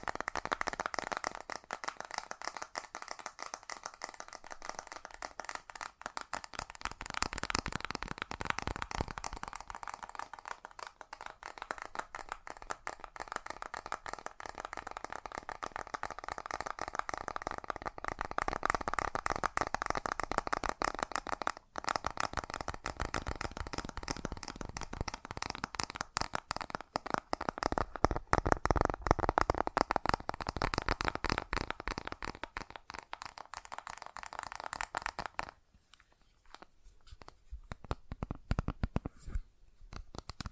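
Fast tapping runs almost without pause, a dense stream of quick, crisp clicks and patters that thicken into bursts around 7–10 and 14–34 seconds. Low thumps come and go beneath them, and the tapping drops to sparse, quieter hits near 36 seconds.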